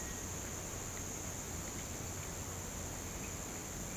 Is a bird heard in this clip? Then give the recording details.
no. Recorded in pastures near Puerto Asís, Putumayo, Colombia, on 19 March 2025 at 07:00. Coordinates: 0.472, -76.329. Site G074